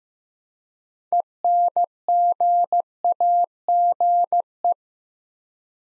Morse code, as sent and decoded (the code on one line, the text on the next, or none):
. -. --. .- --. .
ENGAGE